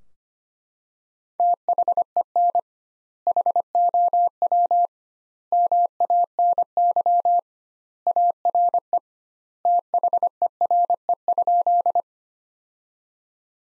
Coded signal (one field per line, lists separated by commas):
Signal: Morse code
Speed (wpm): 25 wpm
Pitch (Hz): 700 Hz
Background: none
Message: THEN HOW MANY ARE THERE?